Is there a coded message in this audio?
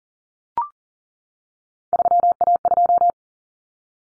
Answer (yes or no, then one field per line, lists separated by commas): yes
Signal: Morse code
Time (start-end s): 1.9-3.1 s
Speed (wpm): 40 wpm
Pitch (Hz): 700 Hz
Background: none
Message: 3A2